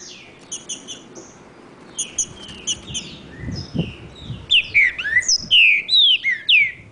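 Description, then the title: Green-winged saltator song, with faint high chips and whistles at first and a brief low thump, then a run of loud, clear slurred whistles near the end. Wild bird singing in the woods, in a song contest with another free-living bird. "Trinca Ferro NICÃ O No Mato Disputando Com Solto"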